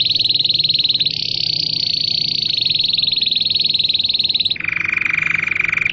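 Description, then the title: Domestic canary delivering a very rapid buzzing roll that holds steady for several seconds, then drops abruptly to a lower, rattling trill. Belgian canary breed, singing. "Canário Belga Campainha Canary Singing"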